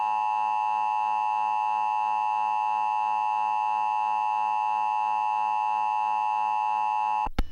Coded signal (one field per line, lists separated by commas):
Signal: Emergency Alert System (SAME) tones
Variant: 853 and 960 Hz attention tone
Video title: Test of Emergency Alert System on Satellite TV Nov 9 2011 2-04PM